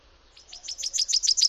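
Common chaffinch song fragment: a series of high, short downslurred notes, growing louder over about a second.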